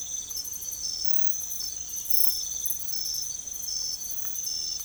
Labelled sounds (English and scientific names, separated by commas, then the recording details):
none
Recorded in secondary vegetation near Puerto Asís, Putumayo, Colombia, on 16 December 2024 at 05:00
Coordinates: 0.468, -76.324
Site G095